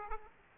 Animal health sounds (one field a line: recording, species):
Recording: mosquito wingbeat signal from an infrared sensor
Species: Aedes aegypti